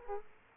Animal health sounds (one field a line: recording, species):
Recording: mosquito wingbeat signal from an infrared sensor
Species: Aedes aegypti